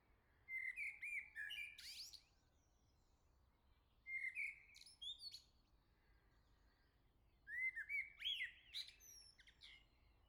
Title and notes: Le Merle salue l'été, 3 Gd Rue de Chassagne, 17220 La Jarrie, France. Quel Sol!!!! pour saluer l'arrivée de l'été ce matin! Merci Jolie Merle de tes vocalises à proximité!